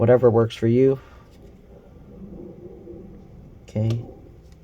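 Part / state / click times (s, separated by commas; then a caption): display flex connector into laptop logic board socket / not seated / none. Someone talks briefly while handling the display flex cable connector over its socket on the logic board of a 13-inch 2020 M1 MacBook Air A2337 during an LCD screen replacement. Faint, low handling noise follows, then someone talks again briefly near the end. Nothing has seated or clicked yet.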